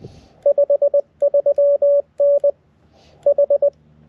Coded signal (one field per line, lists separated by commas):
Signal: Morse code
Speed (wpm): 20 wpm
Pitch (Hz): 560 Hz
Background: none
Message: 53N H